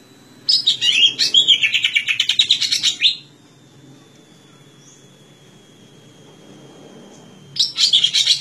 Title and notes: Suara Burung Cucak Ijo. masteran burung cak ijo